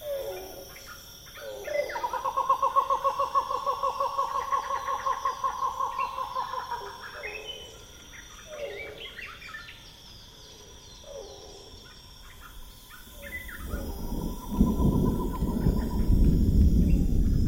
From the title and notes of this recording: African Jungle is a huge collection of unique ambiences recorded in Central Africa's Congo Basin rainforests. It features lush jungle soundscapes, loud insect choruses, elephants and other mammals calling and much more.